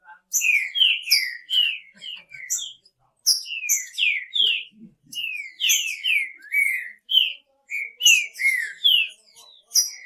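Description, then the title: Green-winged Saltator singing rapid, repeated whistled phrases of slurred, ringing notes in quick succession, with brief gaps between phrases. "Trinca Ferro"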